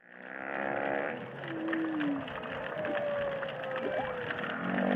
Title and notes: underwater recordings of humpback whales singing and calling in the Indian Ocean